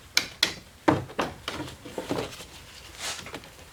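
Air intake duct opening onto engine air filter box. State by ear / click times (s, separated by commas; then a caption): not seated / none. Plastic handling sounds as the air intake duct opening is squeezed around the opening of the engine air filter box on a 2013-2019 Ford Escape, with sharp taps at 0.2 s and 0.4 s and softer knocks and rustling after. Nothing has seated or clicked into place yet.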